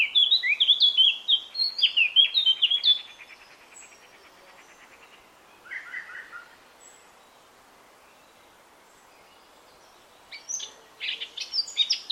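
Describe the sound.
Eurasian Blackcap song: a three-second rapid warble, then quiet broken by a brief lower phrase and a few sharp notes near the end.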